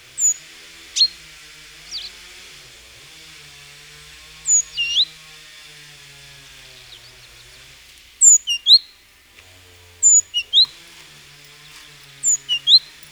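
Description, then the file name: Great tit song: high, thin notes dropping and then sharply rising, given in short two- and three-note phrases at uneven intervals, with a low steady hum beneath. "Parus major"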